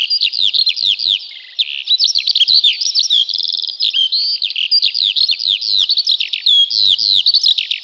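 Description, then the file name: Eurasian skylark singing a continuous, fast warble of high twittering notes and quick downslurred whistles, with a brief rattling trill near the middle. "жаворонок полевой"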